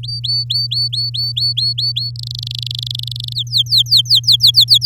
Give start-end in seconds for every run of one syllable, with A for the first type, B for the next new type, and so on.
0.03-2.11 A, 2.16-3.33 B, 3.35-4.86 C